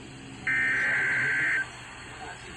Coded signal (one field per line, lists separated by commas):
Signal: Emergency Alert System (SAME) tones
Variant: header bursts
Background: speech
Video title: Severe Thunderstorm Warning (EAS #777) 4/10/25